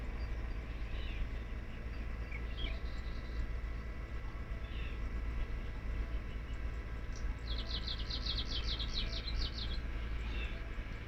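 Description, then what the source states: Kamchatka leaf warbler song: a quick run of many high, evenly spaced buzzy notes, with faint chirps from other birds over a steady low rumble. Recorded 2019-05-24.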